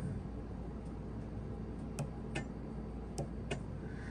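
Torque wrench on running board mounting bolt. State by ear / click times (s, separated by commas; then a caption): torque reached / 2.0 s, 2.4 s, 3.2 s, 3.5 s. A click-type torque wrench set to 18 ft-lb tightens a running-board mounting bolt on a RAV4 side step. Small, sharp clicks sound at 2.0, 2.4, 3.2 and 3.5 seconds over a steady low hum. Each click confirms the wrench has reached its torque setting.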